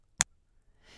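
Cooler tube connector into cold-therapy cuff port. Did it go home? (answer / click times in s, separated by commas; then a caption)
yes / 0.2 s. The blue tube from the cooler of an Aircast Cryo Cuff cold-therapy system is pushed into the cuff's port, giving a single short, sharp click at 0.2 s that shows the connector has seated securely. It is quiet afterward until a faint, soft hiss rises toward the end of the clip.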